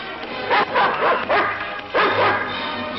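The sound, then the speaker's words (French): A large dog, a Saint Bernard rescue dog, gives a series of four or five loud, full-throated barks in an irregular rhythm, with a steady hiss of background noise between them. “chien secouriste, donc le Saint-Bernard, mais d'autres types de chiens qui seront secouristes”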